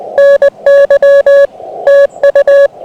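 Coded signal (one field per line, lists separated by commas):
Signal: Morse code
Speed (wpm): 18 wpm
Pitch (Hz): 560 Hz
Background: none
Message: NY TU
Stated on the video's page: QRP park activation, FT-891 at 5 watts into an end-fed random wire via tuner, dummy load accidentally left switched in; on 15, 10, 17 and 20 m.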